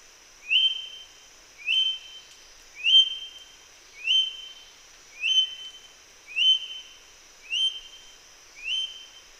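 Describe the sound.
Moluccan King Parrot calls: eight clear, high whistled notes, each rising sharply then holding steady, repeated about once every second over a faint steady hiss.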